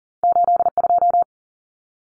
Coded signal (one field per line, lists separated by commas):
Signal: Morse code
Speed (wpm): 40 wpm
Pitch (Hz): 700 Hz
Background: none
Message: 82